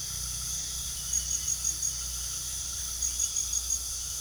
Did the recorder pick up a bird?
no